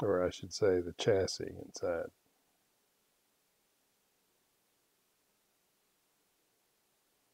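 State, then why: Not seated. A restored Hallicrafters SX-71 shortwave receiver chassis is being slid into its cabinet while someone talks for the first two seconds. The rest of the clip is near silence as the chassis is lined up. Nothing has seated or clicked into place yet.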